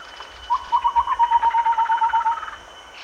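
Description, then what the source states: Chestnut-winged babbler calling: a quick, even run of many soft, low hooted notes lasting about two seconds. Recorded at Danum on 1 April 2006.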